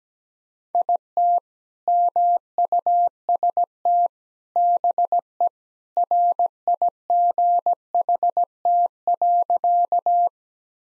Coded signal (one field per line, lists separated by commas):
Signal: Morse code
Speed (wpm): 17 wpm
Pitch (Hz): 700 Hz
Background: none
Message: IT MUST BE RIGHT.